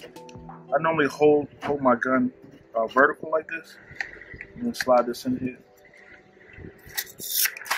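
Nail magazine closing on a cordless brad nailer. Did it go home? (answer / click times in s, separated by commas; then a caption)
yes / 7.6 s, 7.7 s. A strip of brads is slid into the magazine of a cordless Ridgid brad nailer held vertical, and the magazine is pushed closed. Someone talks over faint music, then quick clicks at 7.6, 7.6 and 7.7 seconds mark the magazine snapping shut and seating, leaving the nailer ready to shoot.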